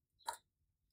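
A green plastic "helping hand" piece is fitted onto its blue post, part of a board game contraption. One short, bright click sounds at 0.3 s and the hand seats in place. The rest of the clip stays near-silent.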